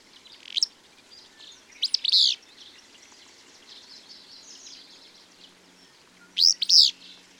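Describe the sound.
Bird song with loud high chirp bursts at the start and near the end, quieter twittering between them.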